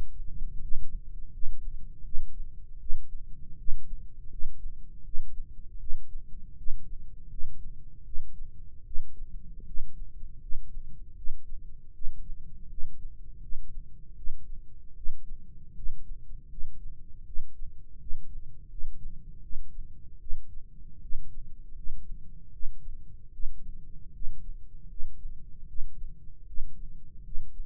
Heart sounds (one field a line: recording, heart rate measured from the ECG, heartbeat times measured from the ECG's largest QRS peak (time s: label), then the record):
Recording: heart sounds by microphone in the right ear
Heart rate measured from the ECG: 79 bpm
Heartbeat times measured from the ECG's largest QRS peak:
0.59 s: heartbeat
1.30 s: heartbeat
2.02 s: heartbeat
2.78 s: heartbeat
3.56 s: heartbeat
4.28 s: heartbeat
5.02 s: heartbeat
5.78 s: heartbeat
6.55 s: heartbeat
7.28 s: heartbeat
8.03 s: heartbeat
8.83 s: heartbeat
9.64 s: heartbeat
10.39 s: heartbeat
11.14 s: heartbeat
11.92 s: heartbeat
12.68 s: heartbeat
13.39 s: heartbeat
14.14 s: heartbeat
14.94 s: heartbeat
15.73 s: heartbeat
16.48 s: heartbeat
17.24 s: heartbeat
17.98 s: heartbeat
18.68 s: heartbeat
19.40 s: heartbeat
20.18 s: heartbeat
21.00 s: heartbeat
21.74 s: heartbeat
22.51 s: heartbeat
23.31 s: heartbeat
24.11 s: heartbeat
24.87 s: heartbeat
25.66 s: heartbeat
26.45 s: heartbeat
27.22 s: heartbeat
From the record:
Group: healthy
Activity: rest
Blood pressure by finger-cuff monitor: 140/87 mmHg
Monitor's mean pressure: 101 mmHg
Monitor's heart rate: 79 bpm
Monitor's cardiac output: 6.5 L/min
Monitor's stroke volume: 83 mL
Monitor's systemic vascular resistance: 1160 dyn s/cm5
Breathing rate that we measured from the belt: 20 breaths a minute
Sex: male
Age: 21 years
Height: 180 cm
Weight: 67.5 kg